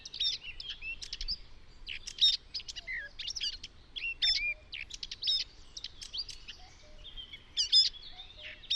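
Eurasian Blackcap song, short phrases mixing fast scratchy chatter with loud fluty whistled notes.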